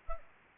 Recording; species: mosquito wingbeat signal from an infrared sensor; Anopheles arabiensis